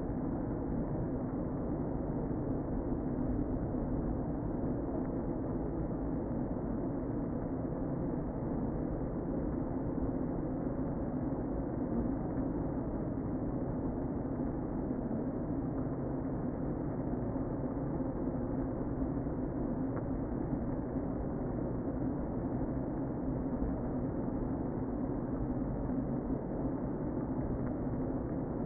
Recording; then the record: honeybee colony, microphone inside the hive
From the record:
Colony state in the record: queen present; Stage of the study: before two queens were removed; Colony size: about 60,000 bees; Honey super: yes